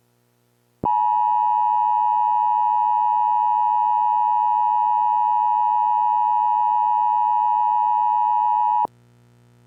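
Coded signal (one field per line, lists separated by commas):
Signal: Emergency Alert System (SAME) tones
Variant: 853 and 960 Hz attention tone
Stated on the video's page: Fictional hurricane EAS mock scenario for entertainment, using valid EAS tones.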